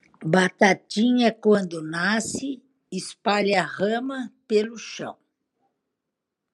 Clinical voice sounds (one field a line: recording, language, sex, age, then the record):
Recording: short text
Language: Brazilian Portuguese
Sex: female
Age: 70 to 79 years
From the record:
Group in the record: control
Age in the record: 73 years